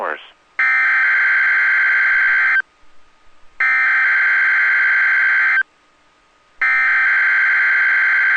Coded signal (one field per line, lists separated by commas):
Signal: Emergency Alert System (SAME) tones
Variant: header bursts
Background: speech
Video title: 5/4/22 - WNG676 Required Weekly Test (EAS #457)